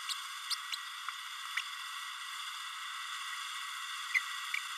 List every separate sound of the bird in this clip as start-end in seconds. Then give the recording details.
0.09-0.14, 0.50-0.55, 0.72-0.75, 4.14-4.20. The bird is a male. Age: 31 days. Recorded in a nest box in Venezuela. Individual 17B32A6